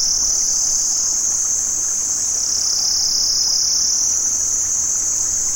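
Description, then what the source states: Continuous high, hissing cicada buzz with slight pitch undulations and a faint low hum beneath. Cicadas recorded in Vietnam.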